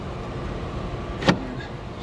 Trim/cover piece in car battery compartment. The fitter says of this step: snaps right in